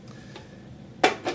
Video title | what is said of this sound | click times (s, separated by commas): Waring Commercial Food Processor WFP14SK 3.3Ltr (CC026-A) | cover clicks right in and as you might be able to see in the back there | 1.0 s